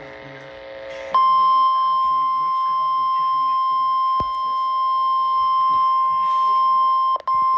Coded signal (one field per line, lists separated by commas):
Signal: Emergency Alert System (SAME) tones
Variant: 1050 Hz attention tone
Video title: EAS #270 Flash Flood Warning On NWR